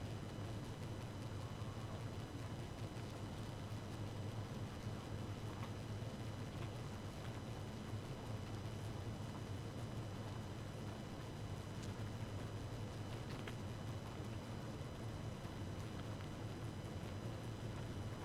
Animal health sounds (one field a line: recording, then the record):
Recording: honeybee colony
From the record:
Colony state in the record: active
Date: 12 June 2018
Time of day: 0:56